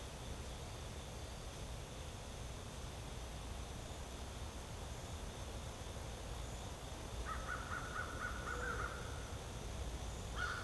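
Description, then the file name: Crow cawing: a short burst of harsh, repeated caws near the end, over a constant roar of background noise. Recorded with traffic. "Crows and traffic"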